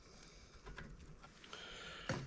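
An internal component of a xenon headlight from a 1996 Mercedes SL500 (R129) is pushed home into the headlight housing after it was found not to be snapped in. A few light knocks and handling sounds come first, then a sharper, louder snap at 2.1 s as the part seats.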